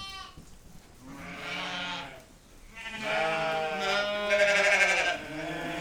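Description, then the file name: Sheep: ewes bleating in quavering calls, with a short lull in the middle. Ewes during shearing at Saint-Pierreville, Ardèche; not large animals, averaging about 50 kg. "La-tonte-des-brebis-Saint-Pierreville-Ambiances-Sonores-d Ardeche-Studio-Les-Trois-Becs"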